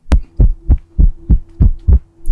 That's the sound of an irregular heartbeat. Their heartbeat was not what it should be. Heart rhythm disorders or irregular heartbeats, and if it's not treated, can cause a stroke.